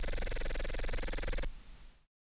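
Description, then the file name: Upland green bush-cricket song, a continuous high pulsed buzz with a fast regular rhythm, stopping abruptly about two-thirds of the way through. "Tettigonia cantans"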